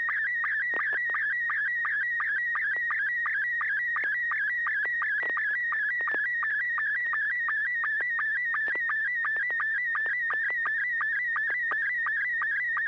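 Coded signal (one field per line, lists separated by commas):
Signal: SSTV (slow-scan television)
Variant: MR90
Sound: warbling, chirping tone around 2 kHz with rapid regular clicks, continuous throughout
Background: low hum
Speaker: Yeah, I've got uh I've got an image loaded up. N6 YG MR90.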